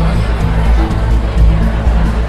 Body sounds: background sound without coughing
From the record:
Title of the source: Party Noise 1 Hour Party Ambience

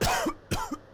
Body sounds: coughing mixed with background sound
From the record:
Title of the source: Coughing 51

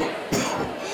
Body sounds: coughing mixed with background sound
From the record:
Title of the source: Spring Cold Coughing 3

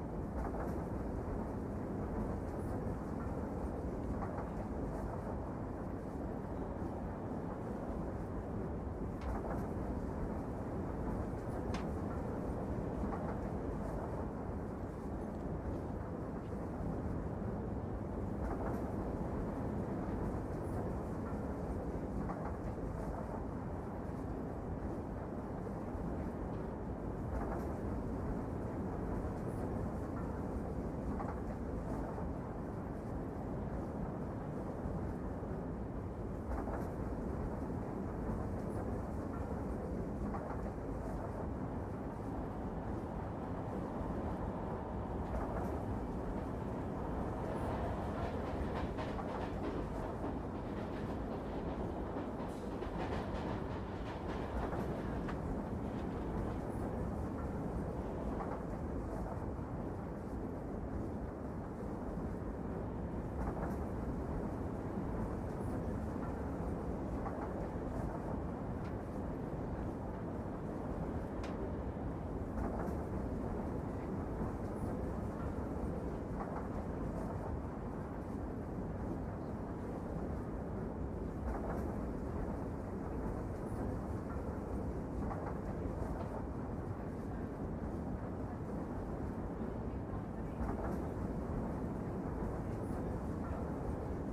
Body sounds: background sound without coughing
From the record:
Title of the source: Train Ride Ambience ambient white noise for sleeping, focus, studying, reading

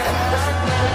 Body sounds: coughing mixed with background sound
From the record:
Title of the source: choking, hacking coughing

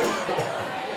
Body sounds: coughing mixed with background sound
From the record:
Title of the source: Cough Around the Clock!

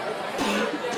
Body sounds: coughing mixed with background sound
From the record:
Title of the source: 64 coughing, allergies, singing lungs

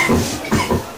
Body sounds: coughing mixed with background sound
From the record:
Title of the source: Spring Cold Coughing 2

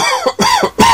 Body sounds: coughing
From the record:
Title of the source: Dry Coughing Fit in the Afternoon.

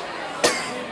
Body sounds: coughing mixed with background sound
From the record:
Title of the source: 34 coughing up crap again

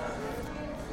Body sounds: background sound without coughing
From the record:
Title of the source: 60 minutes of coffee shop sounds for study and concentration

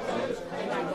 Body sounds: coughing mixed with background sound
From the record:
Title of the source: female coughing - coughing sound effects girl

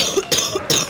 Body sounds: coughing mixed with background sound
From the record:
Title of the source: Wet coughing

